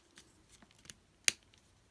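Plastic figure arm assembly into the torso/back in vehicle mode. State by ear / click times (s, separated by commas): seated / 1.3 s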